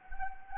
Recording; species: mosquito wingbeat signal from an infrared sensor; Anopheles gambiae